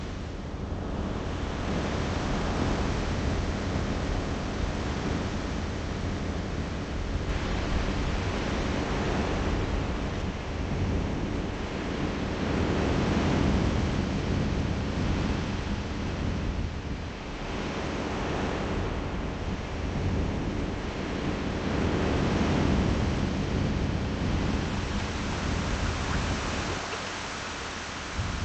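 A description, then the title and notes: Waves roar in a dense, continuous wash of rushing water, heavy in the low end. The level rises and falls in slow surges every few seconds, with fuller swells around 13 and 22 seconds and brief dips between them. Waves. Sitting on the beach.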